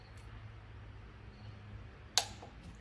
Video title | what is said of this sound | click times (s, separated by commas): How to correctly torque your head bolts, head and gasket on Ford Ranger. How to build an OHV Engine. | you hear it click | 2.2 s